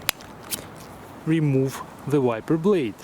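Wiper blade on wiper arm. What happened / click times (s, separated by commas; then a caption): The blade latch clicked into its release position / 0.1 s. The front wiper blade on the wiper arm of a 2019–2026 Volvo V60 is turned on its arm until it clicks into the release position, with a sharp click at 0.1 s and a softer tap around 0.5 s. Someone then talks as the blade is released for removal.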